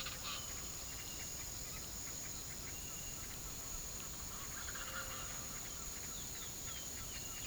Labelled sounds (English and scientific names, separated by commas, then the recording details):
Yellow-rumped Cacique (Cacicus cela), Green-backed Trogon (Trogon viridis), Speckled Chachalaca (Ortalis guttata)
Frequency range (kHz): Green-backed Trogon (Trogon viridis) 0.8-1.8 kHz
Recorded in pastures near Puerto Asís, Putumayo, Colombia, on 19 February 2024 at 07:30
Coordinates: 0.486, -76.323
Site G6462